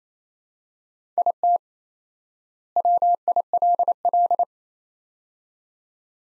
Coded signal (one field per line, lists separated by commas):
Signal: Morse code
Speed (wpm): 28 wpm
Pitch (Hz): 700 Hz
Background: none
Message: IT WILL